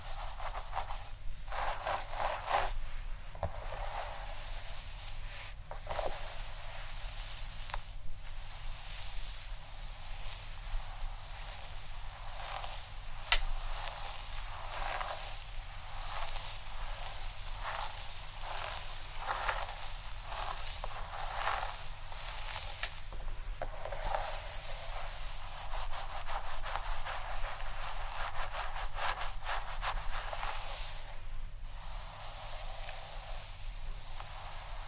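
Steady scratching and brushing across a scalp and hair, with dense crisp rubbing strokes repeating every second or so over a low hum.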